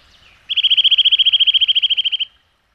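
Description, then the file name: Eurasian nuthatch trill: rapid, regular series of bright piping notes on one pitch for under two seconds, ending abruptly. "csuszka"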